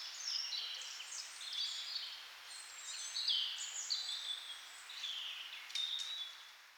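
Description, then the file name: Songbirds trilling and chirping at high pitch, overlapping short phrases at a fairly steady level, fading slightly at the close. "melodiez vogels"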